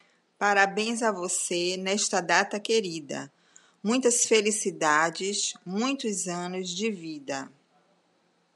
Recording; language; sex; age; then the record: short text; Brazilian Portuguese; female; 50 to 59 years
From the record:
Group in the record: control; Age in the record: 55 years